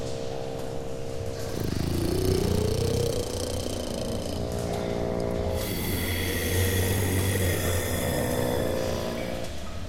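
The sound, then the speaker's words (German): Snoring of a sleeping monster from far off in the darkness of a cave: a steady, rumbling low drone with rasping, tonal breaths that rise and fall, continuing for about ten seconds with no voices. “Von ganz weit aus der Finsternis dringt ein Schnarchen zu den beiden Freunden.”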